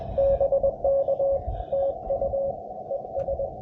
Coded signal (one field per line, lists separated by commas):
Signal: Morse code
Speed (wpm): 25 wpm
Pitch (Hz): 530 Hz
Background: none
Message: BK TU ES